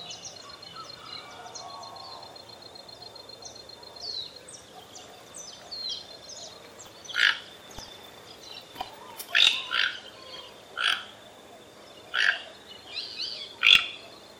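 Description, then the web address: Toco toucan giving a series of raspy croaks every second or two in the latter half, with small birds chirping and twittering throughout. "sound Ramphastos-toco. صدای-پرنده-توکان-منقاردار"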